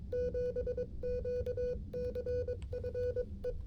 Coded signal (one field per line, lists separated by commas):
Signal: Morse code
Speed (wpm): 22 wpm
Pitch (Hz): 490 Hz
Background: music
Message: 7QCF E